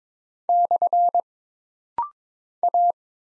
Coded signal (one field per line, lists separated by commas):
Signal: Morse code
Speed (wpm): 22 wpm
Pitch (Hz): 700 Hz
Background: none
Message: / A